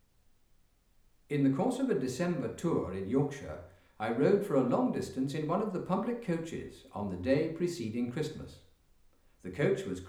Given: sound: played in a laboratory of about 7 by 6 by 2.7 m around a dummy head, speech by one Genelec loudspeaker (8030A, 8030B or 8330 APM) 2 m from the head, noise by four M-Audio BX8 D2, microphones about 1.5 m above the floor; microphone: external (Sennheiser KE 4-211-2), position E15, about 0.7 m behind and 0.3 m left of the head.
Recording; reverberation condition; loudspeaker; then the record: male speech in English; medium; 150 degrees to the right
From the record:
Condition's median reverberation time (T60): about 510 ms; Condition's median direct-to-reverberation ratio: about -0.5 dB